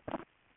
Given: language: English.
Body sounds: throat vibration sensor signal played as sound; swallow

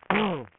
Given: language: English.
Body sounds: throat vibration sensor signal played as sound; throat clearing

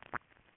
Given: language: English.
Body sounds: throat vibration sensor signal played as sound; swallow

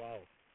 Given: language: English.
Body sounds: throat vibration sensor signal played as sound; speech

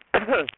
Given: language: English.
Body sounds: throat vibration sensor signal played as sound; cough

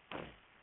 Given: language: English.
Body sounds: throat vibration sensor signal played as sound; throat clearing

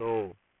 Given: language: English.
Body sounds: throat vibration sensor signal played as sound; speech

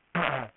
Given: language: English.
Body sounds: throat vibration sensor signal played as sound; throat clearing

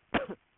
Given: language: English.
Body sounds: throat vibration sensor signal played as sound; cough

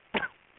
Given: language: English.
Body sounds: throat vibration sensor signal played as sound; cough

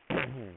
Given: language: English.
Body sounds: throat vibration sensor signal played as sound; throat clearing

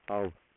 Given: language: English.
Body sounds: throat vibration sensor signal played as sound; speech

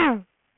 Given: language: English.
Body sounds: throat vibration sensor signal played as sound; throat clearing

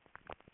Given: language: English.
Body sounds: throat vibration sensor signal played as sound; swallow

